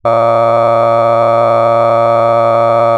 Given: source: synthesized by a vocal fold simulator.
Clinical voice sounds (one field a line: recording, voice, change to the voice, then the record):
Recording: sustained vowel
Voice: male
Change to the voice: cycle-to-cycle stiffness perturbation (roughness), level 7 of 10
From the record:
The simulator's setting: 4.17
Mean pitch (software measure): 115 Hz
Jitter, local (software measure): 2.02%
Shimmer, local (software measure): 7.7%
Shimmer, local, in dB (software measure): 0.58 dB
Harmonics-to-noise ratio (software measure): 13.7 dB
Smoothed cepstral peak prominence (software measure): 18.8 dB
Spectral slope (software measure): -17.0 dB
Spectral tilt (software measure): -11.9 dB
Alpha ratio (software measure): -7.5 dB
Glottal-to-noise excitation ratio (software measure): 0.993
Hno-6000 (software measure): 2.4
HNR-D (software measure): 21.3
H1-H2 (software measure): 5.0 dB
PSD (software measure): 1.4e-04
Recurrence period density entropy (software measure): 0.103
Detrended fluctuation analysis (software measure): 0.0553